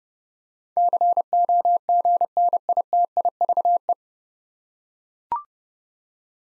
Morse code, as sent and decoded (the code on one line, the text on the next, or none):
-.-. --- --. -. .. - .. ...- .
COGNITIVE